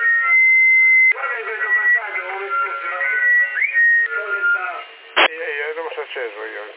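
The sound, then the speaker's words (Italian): A person whistles over a CB radio channel in Sassari: a thin whistle through the crackly, narrow-band transmission, holding steady tones and one quick upward swoop, with garbled voices chattering over it. “No, no, io stavo girando, poi ho fischiato,”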